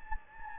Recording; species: mosquito wingbeat signal from an infrared sensor; Anopheles gambiae